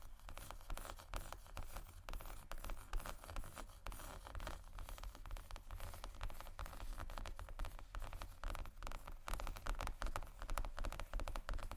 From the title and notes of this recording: ASMR Tapping & Scratching Luxury Leather Bags（No Talking）.